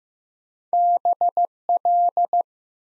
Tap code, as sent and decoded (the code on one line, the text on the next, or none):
none